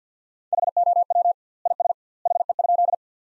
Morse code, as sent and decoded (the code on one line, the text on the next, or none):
.... --- .-- / .. ... / .... . ..--..
HOW IS HE?